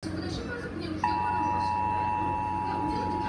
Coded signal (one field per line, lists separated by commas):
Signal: Emergency Alert System (SAME) tones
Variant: 853 and 960 Hz attention tone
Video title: (MOCK/FANMADE) Egyptian Earthquake EAS Alarm